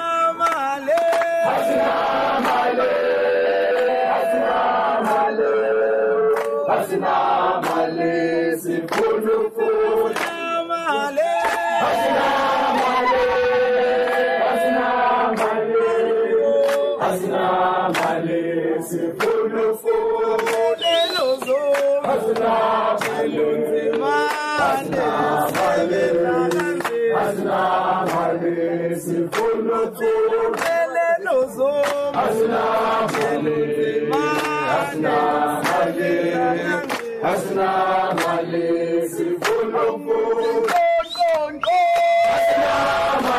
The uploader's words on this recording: Asinamali - Wits #FeesMustFall Demonstrators. The on-going university protests in the country has been accompanied by the singing of liberation or struggle songs, where in between the students have been chanting names of struggle heroes. Audio recorded by Neo Motloung.